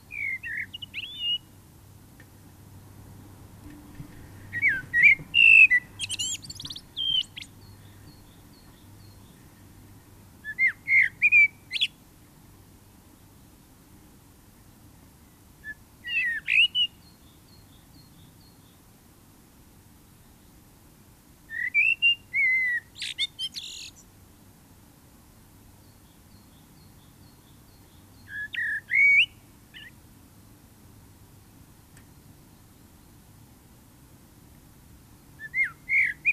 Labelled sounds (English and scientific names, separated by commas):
Common Blackbird (Turdus merula) song